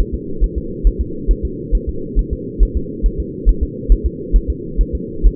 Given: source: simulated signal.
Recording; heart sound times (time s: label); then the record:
fetal heart sounds
0.00 s: S1
0.14 s: S2
0.44 s: S1
0.58 s: S2
0.87 s: S1
1.01 s: S2
1.31 s: S1
1.45 s: S2
1.75 s: S1
1.89 s: S2
2.19 s: S1
2.33 s: S2
2.63 s: S1
2.77 s: S2
3.06 s: S1
3.20 s: S2
3.49 s: S1
3.63 s: S2
3.92 s: S1
4.06 s: S2
4.36 s: S1
4.50 s: S2
4.81 s: S1
4.95 s: S2
5.26 s: S1
From the record:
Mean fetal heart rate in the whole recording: 135 bpm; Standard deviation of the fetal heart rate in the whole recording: 3 bpm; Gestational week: 36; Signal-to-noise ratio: -4.3 dB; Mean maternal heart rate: 72 bpm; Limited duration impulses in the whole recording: absent